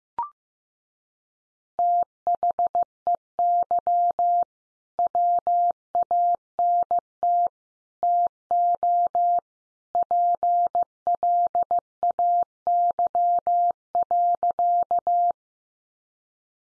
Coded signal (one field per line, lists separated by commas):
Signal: Morse code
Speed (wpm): 15 wpm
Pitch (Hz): 700 Hz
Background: none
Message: THEY WANT TO PLAY.